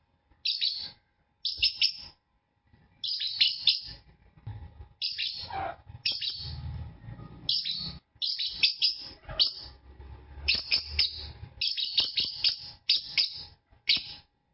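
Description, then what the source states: Lovebird song as runs of loud, grating high chirps and squeaks in bursts separated by short gaps throughout, over a faint low background hum. Lovebird's chirping song (kicau), a champion bird.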